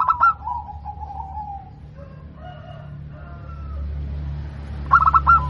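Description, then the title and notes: Zebra dove song: a rapid stuttered coo with a drawn-out falling trill, a quieter pause with faint tones, then another stuttered burst at the end. Local strain, described as singing frequently with a loud, crystal-clear voice. "PERKUTUT LOKAL GACOR Suara KRISTAL LANTANG. Kicau Burung Perkutut"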